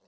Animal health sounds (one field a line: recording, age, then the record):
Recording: pig call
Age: piglet (1 to 25 days)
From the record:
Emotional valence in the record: positive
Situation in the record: reunion after long isolation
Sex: female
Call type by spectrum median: low-frequency call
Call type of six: low-frequency tonal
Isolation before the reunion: 8 minutes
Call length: 0.08 s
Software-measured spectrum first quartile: 454 Hz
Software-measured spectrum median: 987 Hz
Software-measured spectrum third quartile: 4956 Hz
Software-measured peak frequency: 487 Hz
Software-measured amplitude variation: 26 dB a second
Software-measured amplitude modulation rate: 12.1 a second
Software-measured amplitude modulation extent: 2.1 dB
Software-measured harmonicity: 0.5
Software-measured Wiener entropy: -2.32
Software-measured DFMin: 1111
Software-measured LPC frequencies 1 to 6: 580, 2704, 3965, 4457, 5301, 5980 Hz